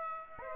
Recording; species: mosquito wingbeat signal from an infrared sensor; Aedes aegypti